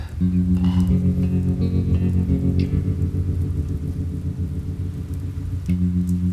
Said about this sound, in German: Ein Sturm zieht auf.